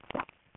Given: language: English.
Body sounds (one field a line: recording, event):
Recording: throat vibration sensor signal played as sound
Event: swallow